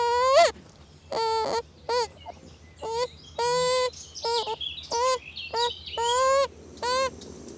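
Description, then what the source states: Young beaver whining: nasal, wavering cries, some long and some clipped, repeated many times in a rough sequence. Beaver kit, hungry and wanting to suckle more.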